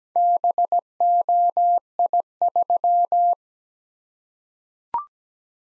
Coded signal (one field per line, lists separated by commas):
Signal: Morse code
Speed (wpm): 17 wpm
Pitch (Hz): 700 Hz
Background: none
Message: BOI3